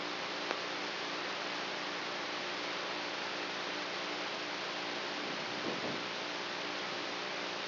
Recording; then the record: brain microelectrode recording played as sound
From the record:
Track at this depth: outside the subthalamic nucleus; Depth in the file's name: 1.406 mm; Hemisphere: right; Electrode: 3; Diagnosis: Parkinson's disease